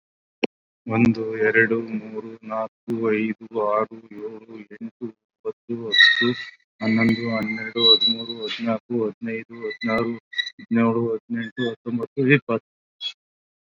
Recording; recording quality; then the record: counting at a normal pace; excellent, no background noise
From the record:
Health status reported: COVID-19 positive, moderate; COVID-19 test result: positive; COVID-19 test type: RT-PCR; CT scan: not taken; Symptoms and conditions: breathing difficulty, fatigue, hypertension, diabetes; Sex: male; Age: 42 years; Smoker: yes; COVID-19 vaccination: both doses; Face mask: worn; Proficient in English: no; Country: India